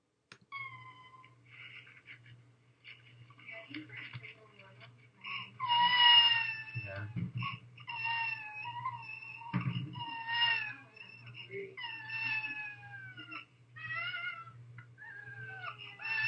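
An infant with cri du chat gives a series of high-pitched, mewing cries with falling tonal contours.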